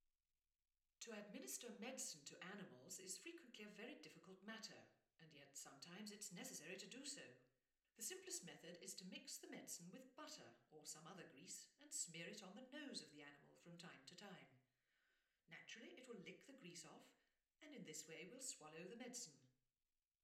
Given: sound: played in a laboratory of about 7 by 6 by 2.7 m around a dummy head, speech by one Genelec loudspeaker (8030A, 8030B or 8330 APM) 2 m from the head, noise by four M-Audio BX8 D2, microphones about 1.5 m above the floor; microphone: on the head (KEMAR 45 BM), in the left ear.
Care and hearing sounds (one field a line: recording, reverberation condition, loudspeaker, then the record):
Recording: female speech in English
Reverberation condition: medium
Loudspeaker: 30 degrees to the left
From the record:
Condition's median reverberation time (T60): about 510 ms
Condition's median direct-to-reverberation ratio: about -0.5 dB